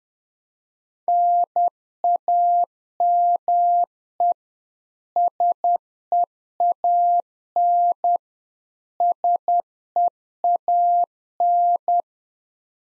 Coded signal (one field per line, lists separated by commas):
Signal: Morse code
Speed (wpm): 10 wpm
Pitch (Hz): 700 Hz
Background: none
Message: NAME SEAN SEAN